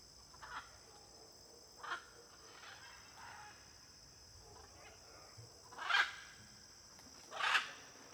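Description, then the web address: Blue-and-yellow macaws with quiet scattered calls, then two loud hoarse squawks near the end, while crickets ring steadily in the background. Flock of macaws in an area with many palm trees, with crickets audible. "Conjunto de Araras em Area de Muitas Palmeiras e ruidos de grilo. arara caninde"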